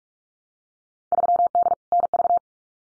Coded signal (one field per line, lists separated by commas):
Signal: Morse code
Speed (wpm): 46 wpm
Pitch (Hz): 700 Hz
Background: none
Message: 3D NV